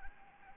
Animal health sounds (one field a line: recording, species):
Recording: mosquito wingbeat signal from an infrared sensor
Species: Anopheles gambiae